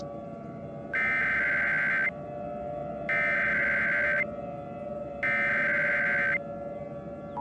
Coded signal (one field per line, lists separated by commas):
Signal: Emergency Alert System (SAME) tones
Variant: header bursts